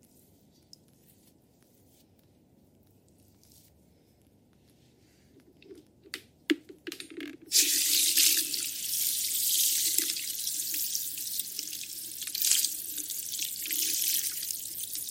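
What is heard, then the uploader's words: Hair washing during a head massage: quiet handling and a few soft knocks, then from about seven seconds a steady hiss of running water continues. ASMR Relaxing head massage with hair washing.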